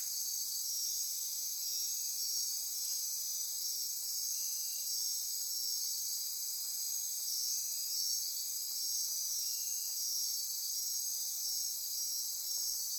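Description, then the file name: Insect chorus: a persistent high-pitched buzzing hum from numerous insects. Insect chorus at midnight near Corcovado. "Wind-is-the-Original-Radio-Fridays 20240628 Andy-Martin Midnight-Insect-Chorus-Near-Corcovado"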